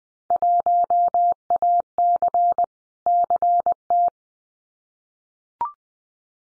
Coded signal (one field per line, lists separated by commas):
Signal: Morse code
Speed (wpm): 20 wpm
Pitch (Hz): 700 Hz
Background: none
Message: 1AC CT